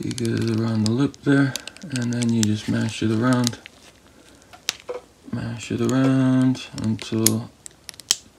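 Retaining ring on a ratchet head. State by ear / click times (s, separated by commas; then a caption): seated / 8.1 s. During reassembly of a vintage Champion Plug-Master (Indestro) CT-900 3/8-inch drive ratchet, a metal retaining ring is worked around the lip of the ratchet head while someone talks. Faint light ticks are heard as the ring is pressed around, and it snaps into place with a sharp click at 8.1 s, seating the ring.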